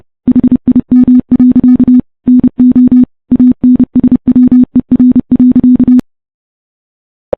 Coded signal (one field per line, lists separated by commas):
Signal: Morse code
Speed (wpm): 30 wpm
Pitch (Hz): 250 Hz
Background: none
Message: HIM. NO ANSWER.